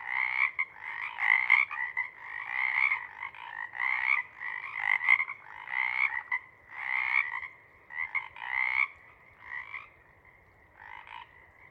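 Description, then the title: Pacific chorus frogs in a pulsing raspy chorus that comes in waves, then thins to shorter staccato bursts with longer quiet gaps toward the end. Pacific chorus frog (Pseudacris regilla) chorus at a pond in the pre-morning twilight as the late night wanes; the chorus waxes and wanes. "Chorus Frogs, Chorus Waxes and Wanes, pre-morning-twilight"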